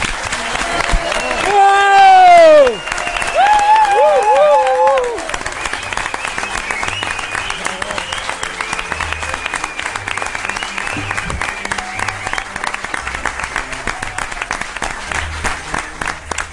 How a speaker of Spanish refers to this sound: y como no hay vecinos, ahora podéis hacer todo el ruido del mundo, porque queremos y quiere toda la audiencia, las cientos de miles de personas que nos están escuchando, que os escuchen, que casi casi apaguen la radio. Aplaudir y gritar.